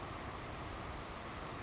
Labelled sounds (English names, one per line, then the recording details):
Savannah Sparrow
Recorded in Sonoma County, California